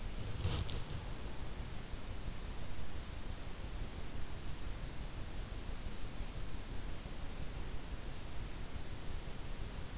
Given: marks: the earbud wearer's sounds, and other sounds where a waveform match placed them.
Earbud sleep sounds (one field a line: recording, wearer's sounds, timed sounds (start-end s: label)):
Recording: sounds in sleep by an in-ear microphone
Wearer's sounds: body movement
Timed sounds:
0.00-1.23 s: body movement